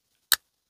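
A budget Kubey KU322 folding pocket knife's blade is flipped open and locks into the open position in its steel handle lock. A single sharp metallic click sounds at 0.3 s, and the blade lock engages and seats.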